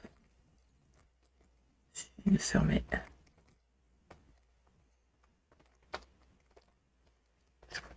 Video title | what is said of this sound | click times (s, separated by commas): tuto 3 carnet crayon | ilut pas se mettre ah peut-être que il est en mode en | none